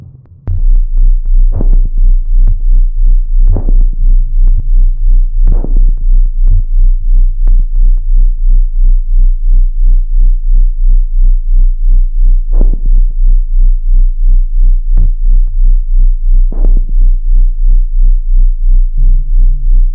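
A fast, very regular series of dull low thumps runs throughout over a steady low hum, with no other sounds. This is the heartbeat of a cosmonaut.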